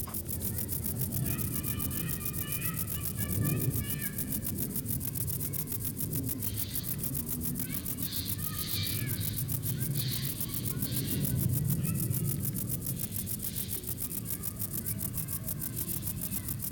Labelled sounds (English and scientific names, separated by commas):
Stripe-winged Grasshopper (Stenobothrus lineatus) stridulation